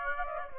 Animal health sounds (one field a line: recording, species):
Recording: mosquito wingbeat signal from an infrared sensor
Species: Aedes aegypti